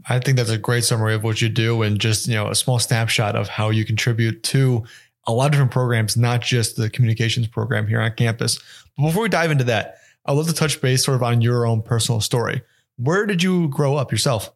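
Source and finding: Adult male interviewer. Normal speech.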